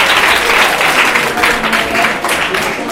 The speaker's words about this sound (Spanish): Un fuerte aplauso para este hombre por su retransmisión.